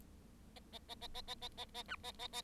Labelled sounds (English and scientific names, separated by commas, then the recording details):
Bengalese Finch (Lonchura striata domestica) song
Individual Bird7